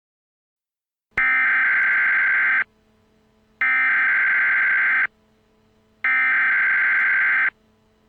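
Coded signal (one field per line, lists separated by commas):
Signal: Emergency Alert System (SAME) tones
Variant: header bursts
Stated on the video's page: Fictional EAS scenario deliberately using invalid tones.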